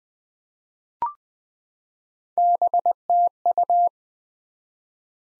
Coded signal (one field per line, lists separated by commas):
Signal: Morse code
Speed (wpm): 20 wpm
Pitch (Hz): 700 Hz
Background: none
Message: BTU